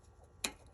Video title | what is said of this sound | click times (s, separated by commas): How To Change the Fuel Filters on a 2018 Ram 2500 | it just snaps right in | 0.4 s